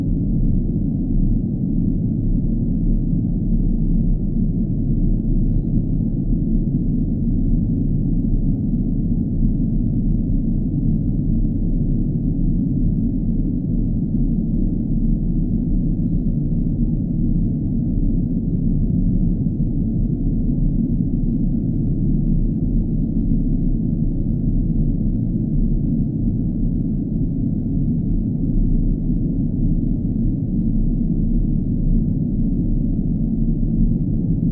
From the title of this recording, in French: Vaisseau spatial